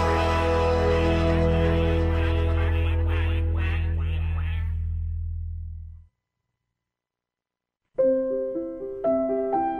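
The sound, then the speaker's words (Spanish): A duck-like quacking rises in a quick series over a thick, sustained musical backing that fades into silence, followed by a bright, plinking melody starting up. “Te estás haciendo pato, cuá, cuá, cuá.”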